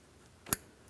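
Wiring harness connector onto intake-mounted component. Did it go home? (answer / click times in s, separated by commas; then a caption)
yes / 0.5 s. A plastic wiring harness electrical connector is lined up and pressed onto an intake-mounted component of a 2015-2025 Ford Transit 250 3.7L V6 during ignition coil replacement; the harness's mounting point on the intake is damaged. A short, soft scrape of pressure at about 0.5 s leads into a sharp, bright click at 0.5 s over quiet background. The connector is seated and secure.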